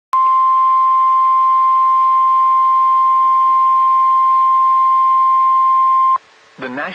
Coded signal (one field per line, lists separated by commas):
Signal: Emergency Alert System (SAME) tones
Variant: 1050 Hz attention tone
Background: speech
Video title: 10/16/21 - Special Marine Warning on KHB37 (EAS #262)